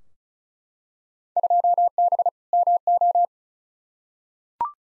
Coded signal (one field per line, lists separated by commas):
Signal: Morse code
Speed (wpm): 36 wpm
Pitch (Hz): 700 Hz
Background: none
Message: 2B MO